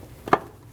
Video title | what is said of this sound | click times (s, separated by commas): How to Replace Intake Manifold 2012-2022 Volkswagen Passat | Be sure it clicks into place. | 0.3 s